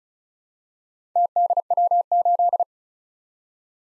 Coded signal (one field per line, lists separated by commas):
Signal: Morse code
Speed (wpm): 36 wpm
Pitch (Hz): 700 Hz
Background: none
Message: TDW8